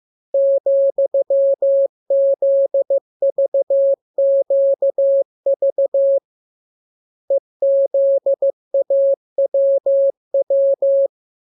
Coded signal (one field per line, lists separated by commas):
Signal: Morse code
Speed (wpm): 15 wpm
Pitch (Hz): 550 Hz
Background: none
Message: ,ZVQV EZAWW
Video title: Learning Morse Code. Lesson 26. Letter KMURESNAPTLWI.JZ=FOY,VG5/Q9